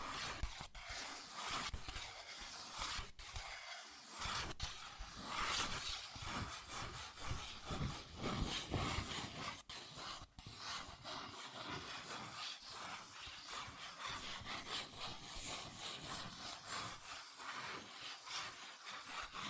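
Fast tapping, scratching and tracing on cardboard and paper, a dense run of dry rubbing and scraping strokes that barely pause for twenty seconds. Quick taps and brief dropouts punctuate the bright, papery friction, with slightly louder bursts in the first half.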